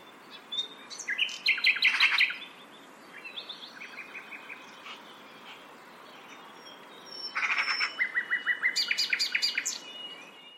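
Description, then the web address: Bird calls: rapid runs of short, even pi-pi-pi notes, mixed with sharp higher chirps over a soft background hiss. Call described as a repeated 'pi pi pi pi'. "Deverinetal 2025 File origin Bird Only"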